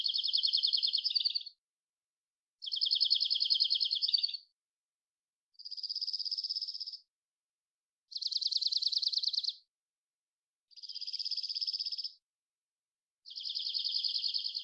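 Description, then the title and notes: Dark-eyed junco song variations: six quick trills in turn, some clearly pulsed, others tighter and buzzier, spaced by brief silences; nothing else audible. Collected song variations and trills, isolated, recorded in the Pacific Northwest, Washington, United States. "Dark-eyed Junco, Junco hyemalis, collected song variations, trills, isolated Recorded in the beautiful Pacific Northwest, Washington, United States"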